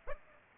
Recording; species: mosquito wingbeat signal from an infrared sensor; Aedes aegypti